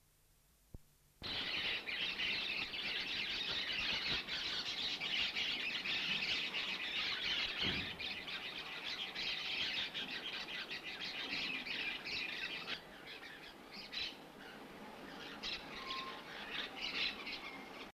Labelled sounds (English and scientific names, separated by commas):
Cobalt-winged Parakeet (Brotogeris cyanoptera) call